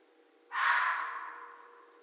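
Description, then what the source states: Red fox making a single grating call that begins suddenly and tapers off over a second or so, with a low background hum. Recorded 13 January 2012.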